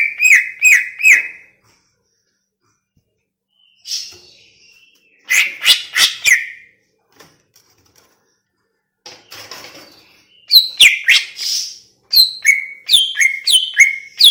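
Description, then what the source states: Greater green leafbird song: loud bursts of sharp, downward-slurred whistled notes, three to six in quick series, separated by short silences and some softer scratchy notes. Cucak ijo from Banyuwangi, described as gacor.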